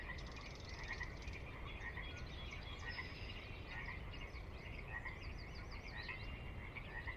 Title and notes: Sinlahekin Valley dusk. the ever-present Pacific Chorus Frogs that are a fixture of the Northwest Soundscape